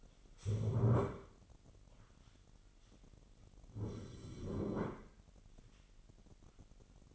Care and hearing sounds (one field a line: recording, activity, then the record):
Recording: daily activity, microphone in the room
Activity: stand up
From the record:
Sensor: 4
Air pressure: 999.4 hPa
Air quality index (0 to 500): 109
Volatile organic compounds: 2 ppm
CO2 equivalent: 1083 ppm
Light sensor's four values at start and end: 11/26/10/11 and 11/26/10/11